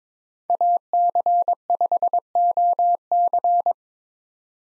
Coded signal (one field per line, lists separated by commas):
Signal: Morse code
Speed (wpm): 22 wpm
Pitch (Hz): 700 Hz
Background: none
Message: AC5OC